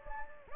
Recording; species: mosquito wingbeat signal from an infrared sensor; Anopheles gambiae